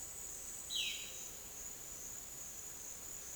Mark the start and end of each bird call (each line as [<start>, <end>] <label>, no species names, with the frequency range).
[0.63, 1.23] bird call (2.1-4.3 kHz)